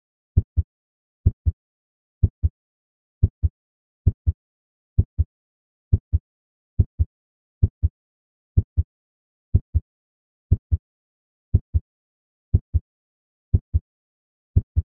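A steady, regular heartbeat: low-pitched paired lub-dub thumps at about 64 beats per minute against silence.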